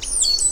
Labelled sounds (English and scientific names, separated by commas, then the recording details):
Stitchbird (Notiomystis cincta) song
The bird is a male
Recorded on Tiritiri Matangi Island, New Zealand, in 2005
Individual 10, of nest box 12